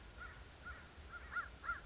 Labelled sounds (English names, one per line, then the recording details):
American Crow
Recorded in Sonoma County, California